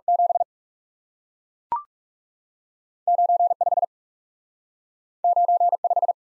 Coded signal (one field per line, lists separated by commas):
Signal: Morse code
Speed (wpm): 40 wpm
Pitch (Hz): 700 Hz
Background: none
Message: 7 9 5 9 5